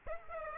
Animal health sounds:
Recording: mosquito wingbeat signal from an infrared sensor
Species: Aedes aegypti

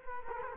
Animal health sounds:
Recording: mosquito wingbeat signal from an infrared sensor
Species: Culex quinquefasciatus

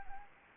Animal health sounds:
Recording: mosquito wingbeat signal from an infrared sensor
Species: Anopheles gambiae

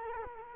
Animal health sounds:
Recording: mosquito wingbeat signal from an infrared sensor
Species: Culex quinquefasciatus

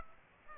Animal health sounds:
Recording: mosquito wingbeat signal from an infrared sensor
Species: Aedes aegypti

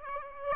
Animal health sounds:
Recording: mosquito wingbeat signal from an infrared sensor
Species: Aedes aegypti

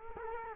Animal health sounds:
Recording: mosquito wingbeat signal from an infrared sensor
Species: Culex quinquefasciatus

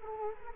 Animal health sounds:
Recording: mosquito wingbeat signal from an infrared sensor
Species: Culex quinquefasciatus

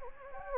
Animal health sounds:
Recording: mosquito wingbeat signal from an infrared sensor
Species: Anopheles gambiae

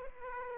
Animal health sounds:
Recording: mosquito wingbeat signal from an infrared sensor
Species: Aedes aegypti

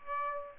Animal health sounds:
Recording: mosquito wingbeat signal from an infrared sensor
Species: Aedes aegypti

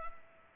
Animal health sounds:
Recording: mosquito wingbeat signal from an infrared sensor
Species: Culex pipiens

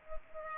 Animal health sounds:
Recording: mosquito wingbeat signal from an infrared sensor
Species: Culex pipiens

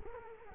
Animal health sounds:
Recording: mosquito wingbeat signal from an infrared sensor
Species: Culex quinquefasciatus

